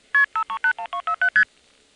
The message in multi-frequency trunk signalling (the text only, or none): 5312ST